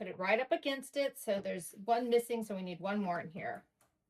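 A retaining point for the back of a picture frame is handled while someone talks, with the last missing point about to be pushed in to hold the artwork. Speech fills almost the whole clip, followed by a brief, faint tick just before it ends. Nothing has seated or clicked yet.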